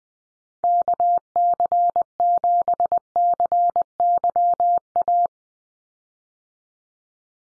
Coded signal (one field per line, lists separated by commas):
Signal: Morse code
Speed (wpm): 20 wpm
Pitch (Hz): 700 Hz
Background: none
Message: KC7CYA